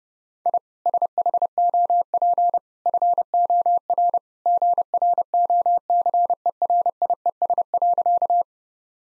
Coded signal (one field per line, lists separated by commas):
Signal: Morse code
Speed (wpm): 32 wpm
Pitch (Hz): 700 Hz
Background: none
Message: I SHOP FOR GROCERIES.